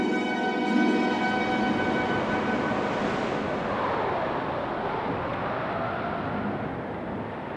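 A loud, steady roar of hurricane wind at sea around 8 in the morning, with high whistling tones howling over it at first, then a dense rushing surge like waves breaking beneath the gale.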